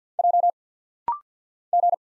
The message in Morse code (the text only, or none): J G